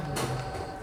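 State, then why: Not seated. The second of two PC components, likely a memory module, is handled by hand toward its motherboard slot or tool-less mount, to be pressed in with no screws. A brief broadband scraping, rustling burst from about 0.15 to 0.5 s sits over a steady low hum. Nothing has seated or clicked yet.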